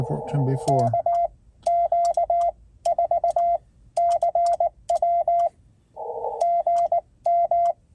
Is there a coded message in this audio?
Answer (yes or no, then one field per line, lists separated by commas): yes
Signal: Morse code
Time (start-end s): 0.7-7.7 s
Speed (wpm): 19 wpm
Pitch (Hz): 690 Hz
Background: speech, radio noise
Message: KQ4CW GM